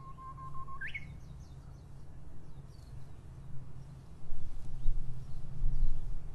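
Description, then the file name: Japanese bush warbler song: a held whistle that leaps into a sharp rising flourish, then scattered faint high chirps and a low steady rumble. Recorded in 2012. "uguisu 2012"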